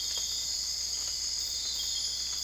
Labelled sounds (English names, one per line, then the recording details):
none
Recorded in dense forest near Puerto Asís, Putumayo, Colombia, on 20 December 2024 at 01:00
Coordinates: 0.485, -76.318
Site GP03